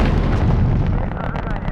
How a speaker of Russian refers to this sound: Внимание, минутная готовность. Ключ на старт. Есть ключ на старт. Продувка. Продувка. Пуск. Из турбины ракеты вырывается пламя.